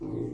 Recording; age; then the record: pig call; weaner (32 to 43 days)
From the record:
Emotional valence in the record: negative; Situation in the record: long isolation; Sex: female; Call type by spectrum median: low-frequency call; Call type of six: low-frequency stable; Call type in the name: low-frequency stable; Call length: 0.34 s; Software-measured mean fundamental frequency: 51 Hz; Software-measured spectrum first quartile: 170 Hz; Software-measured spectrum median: 290 Hz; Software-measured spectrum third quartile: 365 Hz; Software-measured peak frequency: 321 Hz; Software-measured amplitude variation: 149 dB a second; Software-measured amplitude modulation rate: 31.0 a second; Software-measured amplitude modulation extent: 4.8 dB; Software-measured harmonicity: 2.8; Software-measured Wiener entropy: -0.23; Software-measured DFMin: 1078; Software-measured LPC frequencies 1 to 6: 342, 2100, 3648, 4394, 5642, 6603 Hz